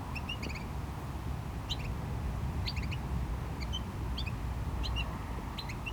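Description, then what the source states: Small bird giving short high chirps in quick clusters, repeated several times over a steady low rumble of traffic and surf. Small bird in a bush at GC-200, Agaete, Las Palmas, Spain; distant cars and waves; recorded with DPA-2006c AB pair into SD MixPre-3.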